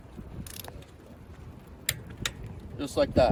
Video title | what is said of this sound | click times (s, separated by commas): How To Change A Tire | so in a star pattern we're just going until we hear it click | 1.9 s